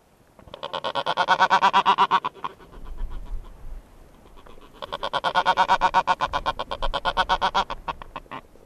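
Black-browed albatross calls: two bursts of rapid, rhythmic, braying pulses, each lasting a few seconds, separated by a short pause with faint low rumbling.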